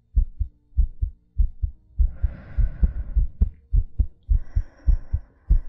ASMR Heartbeat Breathing.